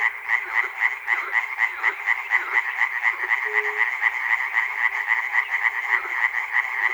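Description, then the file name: Frogs calling together, a thick rattling chorus beating rapidly throughout, one short tonal hum in the middle. Recorded at Chernobyl. "peter cusack-chernobyl frogs"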